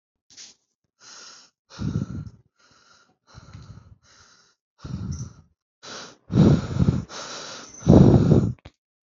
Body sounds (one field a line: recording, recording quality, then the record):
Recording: shallow breathing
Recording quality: excellent, no background noise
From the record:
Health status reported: healthy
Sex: male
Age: 30 years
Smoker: yes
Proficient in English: yes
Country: India